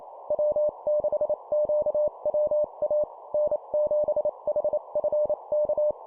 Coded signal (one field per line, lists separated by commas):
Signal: Morse code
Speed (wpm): 28 wpm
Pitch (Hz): 600 Hz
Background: none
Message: W6QWA N7HFK